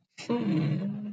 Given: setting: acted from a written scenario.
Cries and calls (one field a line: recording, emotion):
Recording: vocal sound without words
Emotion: sadness